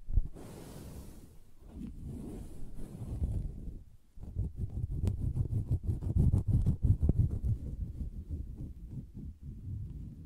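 Fingers tap and scratch on a soft fabric surface, giving muffled, low thuds with a dull rustle. The first four seconds are a smoother brushing; after a brief pause near four seconds, dense, irregular taps and scratches run steadily to the end.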